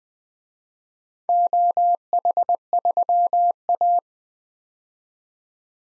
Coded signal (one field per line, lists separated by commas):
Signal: Morse code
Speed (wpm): 20 wpm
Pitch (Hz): 700 Hz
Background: none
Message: OH3A